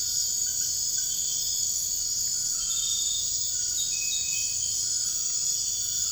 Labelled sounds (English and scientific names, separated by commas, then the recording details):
none
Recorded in dense forest near Puerto Asís, Putumayo, Colombia, on 13 March 2025 at 01:00
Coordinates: 0.485, -76.318
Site G056